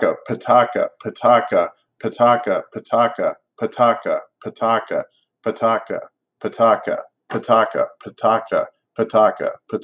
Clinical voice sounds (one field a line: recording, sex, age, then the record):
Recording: repeated syllables /pa ta ka/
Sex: male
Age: 50 to 59 years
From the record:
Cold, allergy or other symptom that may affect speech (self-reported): no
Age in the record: 53 years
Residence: Nevada, United States